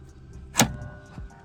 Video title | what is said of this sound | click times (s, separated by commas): Essential Mod For Lotus Elise NRG Quick Release Steering Wheel Hub Install 111R | oh yeah easy it just push it back in and it's clicks into place so | 0.6 s